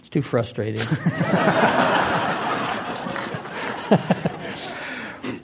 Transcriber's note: laughter